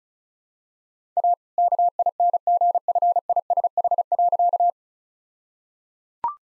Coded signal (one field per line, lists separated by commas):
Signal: Morse code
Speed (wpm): 34 wpm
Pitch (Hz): 700 Hz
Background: none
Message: A KINGFISH.